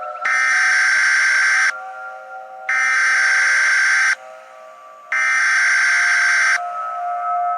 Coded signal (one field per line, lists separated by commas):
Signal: Emergency Alert System (SAME) tones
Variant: header bursts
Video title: EAS Scenario The Beatle From My Nightmare